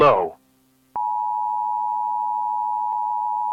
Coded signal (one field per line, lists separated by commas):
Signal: Emergency Alert System (SAME) tones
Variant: 853 and 960 Hz attention tone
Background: speech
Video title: Manhunt Analog EAS - Civil Disturbance Alert & Industrial Accident Alert